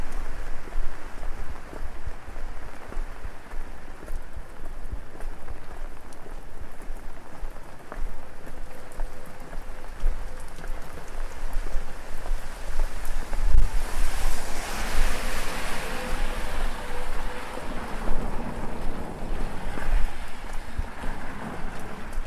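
Rain patters steadily on an umbrella in a busy downtown Korean street at night, a dense, even hiss of drops throughout. A low rumble of traffic runs underneath, and around 14 seconds a passing vehicle swells into a brighter wash before fading.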